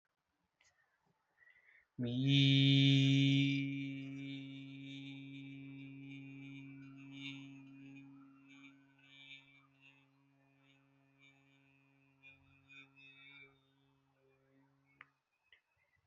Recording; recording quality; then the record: sustained vowel as in beet; poor, much background noise or distortion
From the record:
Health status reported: healthy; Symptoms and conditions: none ticked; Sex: male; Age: 23 years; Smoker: not ticked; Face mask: not worn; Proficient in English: yes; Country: India